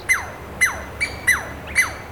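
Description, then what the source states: Douglas squirrel giving five sharp, bird-like chirps, each falling steeply in pitch, about twice a second. A pair calling to warn intruders from their territory, responding to the recordists' presence; especially vocal near their central larder of conifer cones; bird-like sound.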